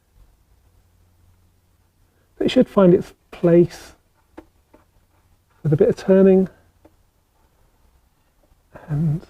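A plastic drain plug on a 2020 VW Golf R is turned by hand in the engine oil sump opening to find its seat during a first oil change, and someone talks between the movements. Faint, short handling sounds are heard around 4.4 s, 4.7 s, 6.9 s and 8.8 s. The plug has not clicked or seated yet.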